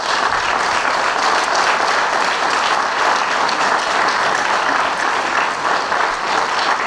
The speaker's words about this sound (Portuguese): Albergaria tem uma grande dívida de gratidão, assim, a quem eu peço uma grande salva de palmas.